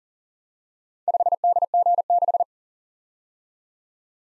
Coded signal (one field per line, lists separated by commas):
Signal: Morse code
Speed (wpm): 38 wpm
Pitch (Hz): 700 Hz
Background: none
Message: 5DG6